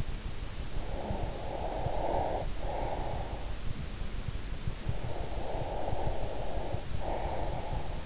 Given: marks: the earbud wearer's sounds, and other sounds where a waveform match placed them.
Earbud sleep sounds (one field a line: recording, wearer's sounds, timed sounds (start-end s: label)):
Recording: sounds in sleep by an in-ear microphone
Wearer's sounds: breath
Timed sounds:
0.81-3.64 s: breath
4.89-8.05 s: breath